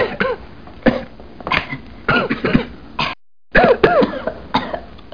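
An adult coughing: a series of short, repeated coughs.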